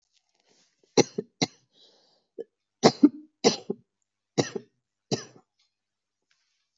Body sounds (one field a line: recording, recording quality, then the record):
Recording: shallow voluntary cough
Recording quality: excellent, no background noise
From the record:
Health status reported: COVID-19 positive, moderate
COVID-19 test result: positive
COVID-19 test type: RT-PCR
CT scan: not taken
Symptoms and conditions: cough, cold, sore throat, fever, fatigue, muscle pain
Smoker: no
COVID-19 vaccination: both doses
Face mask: worn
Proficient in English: yes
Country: India